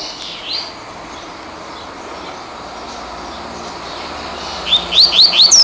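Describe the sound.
Double-collared seedeater song: a short series of high, upslurred whistled notes in quick succession, breaking in near the end after a stretch of steady hiss.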